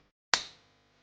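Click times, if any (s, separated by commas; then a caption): 0.3 s. A click-type torque wrench tightens the stem screws clamping a mountain bike handlebar. After a brief quiet stretch, one sharp, bright click sounds at 0.3 seconds and rings out briefly. It confirms that the 9 Nm setting was reached.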